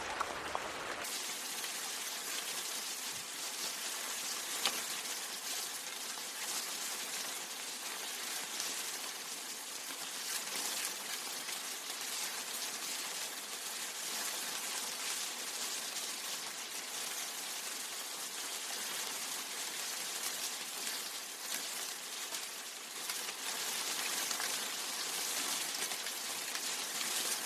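Steady rain falls in a dense, even hiss that stays bright and airy, with very little low rumble underneath. After a brief softer opening second, the sound holds at a constant level for the whole stretch, with only tiny flickers of individual drops within the wash.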